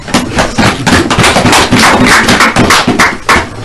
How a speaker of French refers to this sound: Ah, applaudissons pour la sœur.